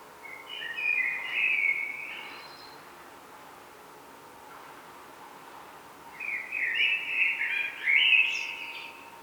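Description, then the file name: Common blackbird singing two mellow, warbling phrases with squeaky endings, a pause of around four seconds between them, over faint background hiss. "Turdus merula"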